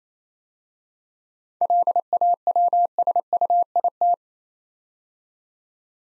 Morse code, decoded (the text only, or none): LAWSUIT